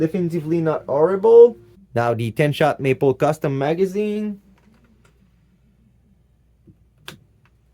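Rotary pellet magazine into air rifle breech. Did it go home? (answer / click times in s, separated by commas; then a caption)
yes / 7.1 s. Someone talks, then a 10-shot Maple Custom plastic rotary magazine is inserted into the breech of a Beeman Chief II air rifle, with faint handling ticks along the way. It seats with a sharp, nice click at 7.1 s and shows little wobble.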